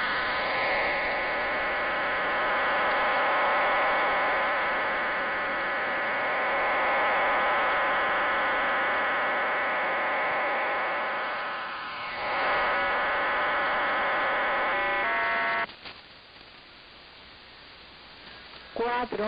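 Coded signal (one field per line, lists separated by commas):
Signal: numbers station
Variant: HM01 digital data burst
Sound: dense, even buzzing data hiss with steady tones, cutting off to static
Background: radio static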